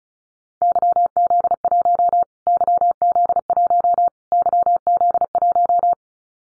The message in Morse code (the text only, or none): YZ1 YZ1 YZ1